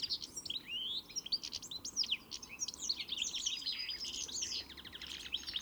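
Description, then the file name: European greenfinch twittering, continuous fast high chirps and sweeping notes throughout, with rapid trilled runs in the second half over faint background noise. "Chloris chloris"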